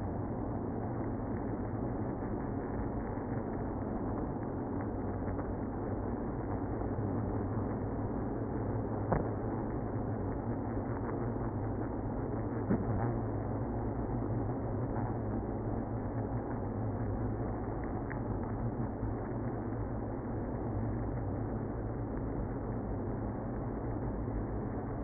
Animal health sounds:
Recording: honeybee colony, microphone inside the hive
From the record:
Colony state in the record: queenless (queen removed)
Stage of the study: after two queens were removed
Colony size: about 60,000 bees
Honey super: yes

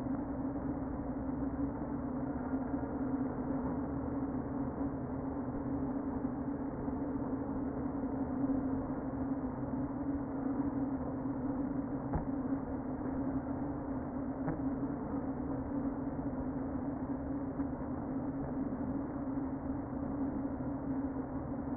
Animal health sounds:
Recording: honeybee colony, microphone inside the hive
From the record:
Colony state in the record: queen present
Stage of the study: before two queens were removed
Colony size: about 60,000 bees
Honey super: yes

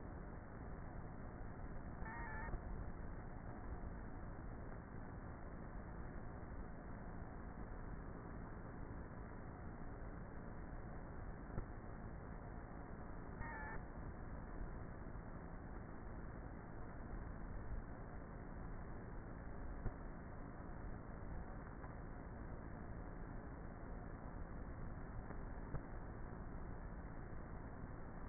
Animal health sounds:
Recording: honeybee colony, microphone inside the hive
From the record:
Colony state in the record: queenless with a low population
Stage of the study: before two queens were removed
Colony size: about 30,000 bees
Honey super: no

